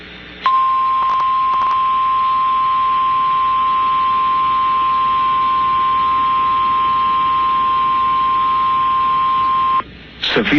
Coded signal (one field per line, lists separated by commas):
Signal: Emergency Alert System (SAME) tones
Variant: 1050 Hz attention tone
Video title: EAS Moment: KFRG done did it late again! (7/18/26)